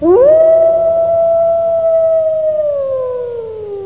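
Wolf howling, one long howl that sweeps up quickly, holds a steady pure tone for over two seconds, then slowly slides down, with clear harmonics and little background.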